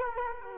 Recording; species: mosquito wingbeat signal from an infrared sensor; Culex quinquefasciatus